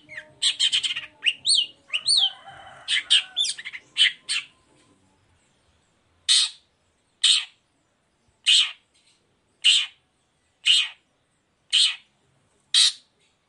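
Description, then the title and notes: Long-tailed shrike song: opening jumble of harsh chirps and whistles, then after silence single loud rasping notes repeated about once a second. Morning song with varied 'toet toet' notes, used as a lure to provoke other long-tailed shrikes into answering and singing along. "Cendet Gacor Dor Di Kala Pagi Toet Toet Variasi Suara. Pancingan Emosi Cendet Gacor Full Variasi Toet Toet Bikin Nyaut Cendet Lain Langsung Ikutan Bunyi. Burung cendet"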